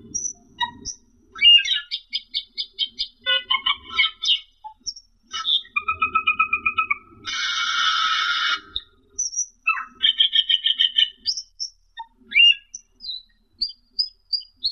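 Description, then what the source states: Camperling song: rapid rattling trills, steady whistled notes, a long buzzy harsh stretch, then sweet chirps and sharp high whistles. Masteran song, used as a training recording to teach songbirds to sing.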